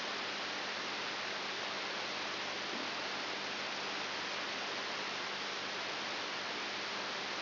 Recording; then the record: brain microelectrode recording played as sound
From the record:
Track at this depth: inside the subthalamic nucleus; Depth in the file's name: 6.701 mm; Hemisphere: left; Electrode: 3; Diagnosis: Parkinson's disease